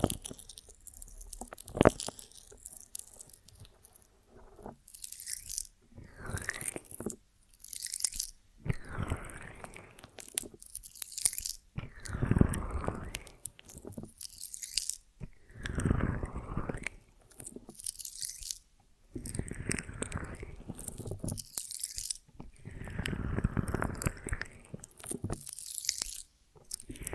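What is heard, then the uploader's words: Honeycomb on a branch being bitten and chewed, with sticky, crackling crunches arriving in bursts roughly every one to two seconds. Each bite is a bright, wet crackle that swells and fades, separated by brief quiet gaps, and the rhythm stays steady throughout. ASMR of a Honeycomb on Branch (No Talking).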